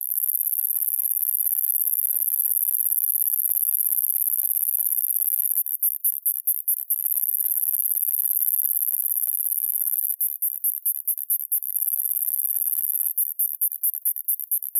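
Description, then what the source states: Cicada song, a continuous very high-pitched buzzing drone broken by rapid stuttering pulses near six, ten and thirteen seconds. A New Zealand cicada species.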